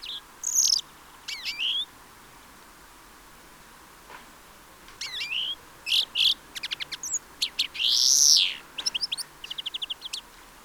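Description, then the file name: European greenfinch calling: short chirps and twittering trills, with one long nasal wheeze late on and rapid ticking runs between. "Chloris chloris"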